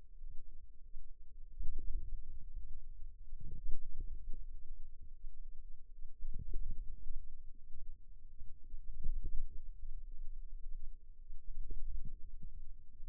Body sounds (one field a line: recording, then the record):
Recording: forearm muscle sounds (acoustic myography)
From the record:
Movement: ulnar deviation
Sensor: system 2, bracelet of six BSWA MPA416 microphones around the upper forearm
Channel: 5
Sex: female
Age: 22 years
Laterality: right